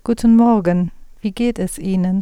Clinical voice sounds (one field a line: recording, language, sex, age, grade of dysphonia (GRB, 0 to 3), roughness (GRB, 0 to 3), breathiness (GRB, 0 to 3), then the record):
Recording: spoken sentence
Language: German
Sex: female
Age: 40 to 49 years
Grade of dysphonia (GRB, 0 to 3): 1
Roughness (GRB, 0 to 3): 0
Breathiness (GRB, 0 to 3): 0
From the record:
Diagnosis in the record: hyperfunctional dysphonia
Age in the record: 42 years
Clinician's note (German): Leichte Form, Zustand nach Cystenabtragung